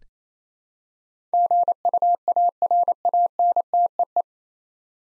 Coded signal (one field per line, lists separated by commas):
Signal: Morse code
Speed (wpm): 28 wpm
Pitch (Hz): 700 Hz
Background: none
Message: GUARANTEE